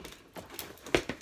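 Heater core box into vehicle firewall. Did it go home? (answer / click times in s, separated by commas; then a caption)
yes / 0.9 s. A heater core and evaporator box on a Jeep Cherokee XJ is pushed against the firewall, with a few soft knocks and rustles before a sharp snap at 0.9 s and a smaller knock just after. The box seats into position with its studs coming through the firewall.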